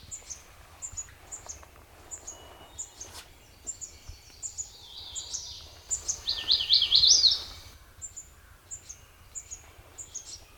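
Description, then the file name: Magnolia warbler singing a short, bright phrase of quick up-and-down slurred notes, set among a steady series of very high, thin chips. Recorded 9 June 2002; three songs. "2002-06-09 MAWA 3 songs"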